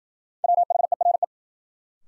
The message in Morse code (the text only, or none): WHERE